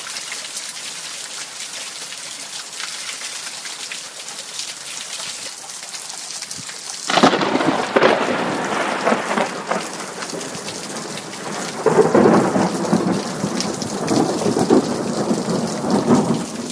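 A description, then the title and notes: Steady rain hisses throughout, dense and bright. Around seven seconds a loud rumble of thunder breaks in, deep and rolling, then eases; a second heavy roll builds near twelve seconds and carries on to the end under the downpour. Thunder, Lightning, Rain.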